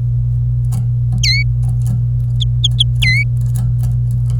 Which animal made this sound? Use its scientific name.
Serinus canaria